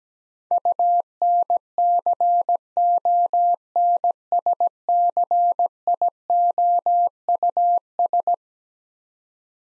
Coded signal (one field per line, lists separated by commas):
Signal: Morse code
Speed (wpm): 17 wpm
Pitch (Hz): 700 Hz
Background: none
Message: UNCONSCIOUS